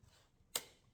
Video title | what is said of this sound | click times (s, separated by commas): Updated How to Install New Jeep Grand Cherokee Tesla Style Carplay Radio | There you go. You hear that click, and voila. See that? | 0.6 s